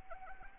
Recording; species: mosquito wingbeat signal from an infrared sensor; Anopheles arabiensis